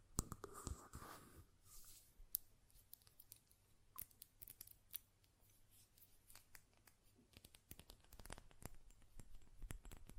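A glass perfume bottle is handled, with sharp, bright taps and clicks scattered irregularly across the clip, thickest near the start and again toward the end. A brief rustling scrape opens the first second or so, and a low steady hum sits underneath throughout.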